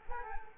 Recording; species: mosquito wingbeat signal from an infrared sensor; Culex quinquefasciatus